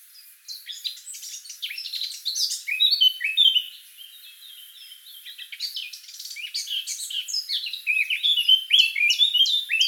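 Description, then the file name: Eurasian blackcap warbling in long, dense scratchy phrases with some clearer whistled notes and a quieter lull midway. "Sylvia atricapilla"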